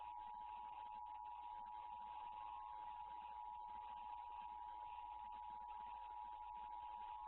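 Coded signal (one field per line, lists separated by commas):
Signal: Emergency Alert System (SAME) tones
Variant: 853 and 960 Hz attention tone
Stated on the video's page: Fictional end-of-the-world EAS scenario about a worse COVID mutation.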